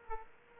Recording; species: mosquito wingbeat signal from an infrared sensor; Aedes aegypti